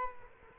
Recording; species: mosquito wingbeat signal from an infrared sensor; Culex quinquefasciatus